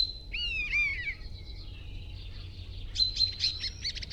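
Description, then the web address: Common starling calling with wavering, harmonic notes that slide downward, followed after a pause by a run of quick clicking and whistled notes. "Estornino pinto"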